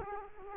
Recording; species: mosquito wingbeat signal from an infrared sensor; Culex quinquefasciatus